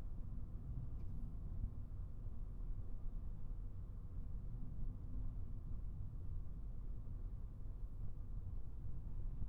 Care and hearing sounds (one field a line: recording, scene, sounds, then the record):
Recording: everyday scene through a hearing-aid microphone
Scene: in a vehicle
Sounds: engine, traffic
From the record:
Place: Skoda Fabia, gasoline engine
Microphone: behind the ear, right, front